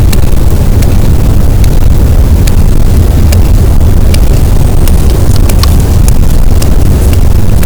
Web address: Physeter Macrocephalus boat SNR 18 d B cachalot positif